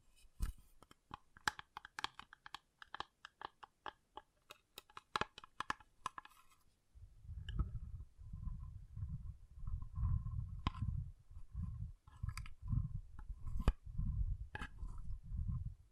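Water beads clatter in a quick, uneven stream of crisp clicks and ticks for the first six seconds or so. After that the clicking gives way to a low, squishy rumble that swells and fades in waves, with a few sharp clicks near the end.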